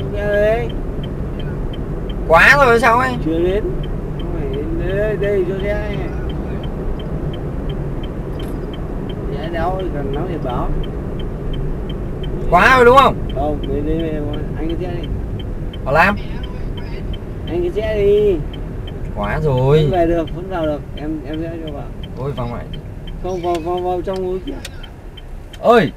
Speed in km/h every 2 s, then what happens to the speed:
47, 48, 51, 51, 48, 42, 35, 30, 29, 22, 18, 9, 5.
0-7 steady at about 48. 7-26 slows to 5.